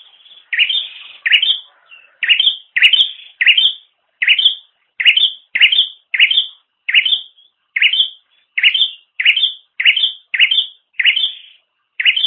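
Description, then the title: Bird giving a quick run of many sharp rising chirps, steady and insistent. "kikicau"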